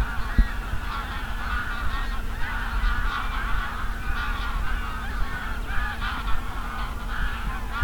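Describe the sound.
Goose: geese calling in a crowded flock, overlapping honks rising and falling without pause over low rumbling noise.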